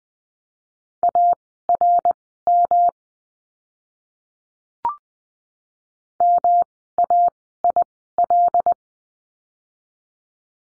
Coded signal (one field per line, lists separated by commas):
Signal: Morse code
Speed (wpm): 20 wpm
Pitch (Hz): 700 Hz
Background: none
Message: ARM MAIL